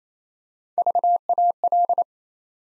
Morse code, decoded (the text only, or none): VAL